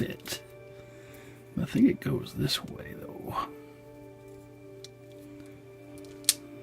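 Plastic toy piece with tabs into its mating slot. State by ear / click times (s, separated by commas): seated / 4.8 s, 6.3 s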